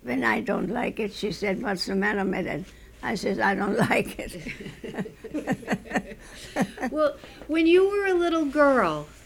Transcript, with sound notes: When I don't like it, she says, "What's the matter with it?" I say, "I don't like it." ( they laugh )
Well, when you were a little girl,